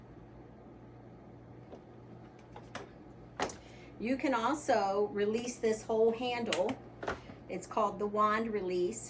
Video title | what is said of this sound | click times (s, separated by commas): How to Use the BISSELL Vacuum Cleaner | and it just snaps into place. | 2.8 s